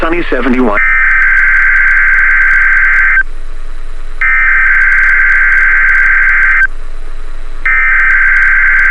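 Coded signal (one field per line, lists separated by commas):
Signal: Emergency Alert System (SAME) tones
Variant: header bursts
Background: speech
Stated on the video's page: Required Weekly Test on NOAA weather radio station at 162.550 MHz.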